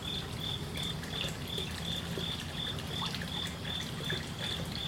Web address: lynne-publishing water trickle crickets night Kyoto Japan